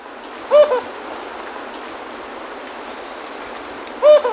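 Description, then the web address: Jocotoco antpitta giving two short, low hooting notes about three and a half seconds apart, each a soft arched hoo over a steady background hiss. Ecuador. "Birds of Ecuador 2. Jocotoco Antpitta"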